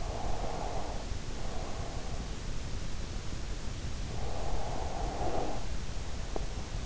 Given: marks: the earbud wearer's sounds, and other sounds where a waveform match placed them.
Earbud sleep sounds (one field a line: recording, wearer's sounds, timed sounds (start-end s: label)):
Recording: sounds in sleep by an in-ear microphone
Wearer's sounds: breath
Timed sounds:
0.05-2.42 s: breath
4.11-5.99 s: breath